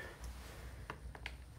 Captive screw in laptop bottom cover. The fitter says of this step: loosen them until they click,